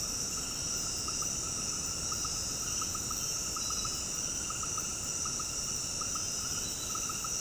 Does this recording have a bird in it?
no